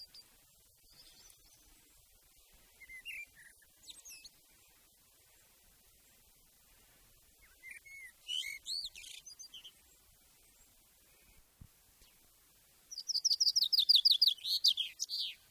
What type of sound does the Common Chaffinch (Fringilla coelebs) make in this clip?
song